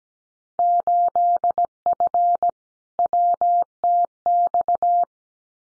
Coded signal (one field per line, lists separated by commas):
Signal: Morse code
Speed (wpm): 17 wpm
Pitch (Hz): 700 Hz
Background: none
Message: 8F WTX